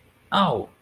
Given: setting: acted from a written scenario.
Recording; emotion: vocal sound without words; pain